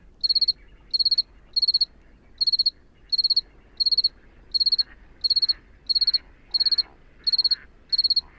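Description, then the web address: Cricket giving high, pulsed chirps in a repeated series. At night in the Camargue; temperature below 10 degrees, the cricket struggling to sing in the cold. "camargue un grillon de nuit"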